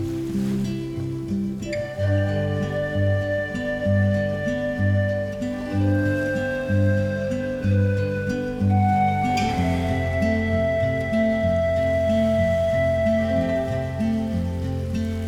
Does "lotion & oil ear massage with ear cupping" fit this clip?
no